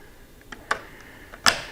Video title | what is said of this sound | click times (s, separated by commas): ⚡Bright Armor Tail Light! Install on Harley!⚡ | is this, when you push this in, these edges are going to pop out and then snap into place. | 0.7 s, 1.5 s